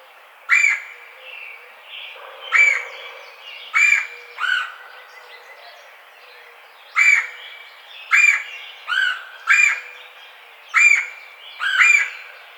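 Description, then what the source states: Red-bellied woodpecker repeating rough, trilled churr notes, about ten in all, loosely spaced with a gap midway. Recorded 4 May 2009.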